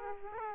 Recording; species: mosquito wingbeat signal from an infrared sensor; Aedes aegypti